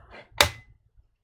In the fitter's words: You're going to hear the little click sound.